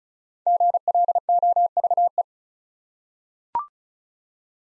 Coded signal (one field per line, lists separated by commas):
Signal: Morse code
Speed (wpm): 36 wpm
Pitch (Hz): 700 Hz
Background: none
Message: GLOVE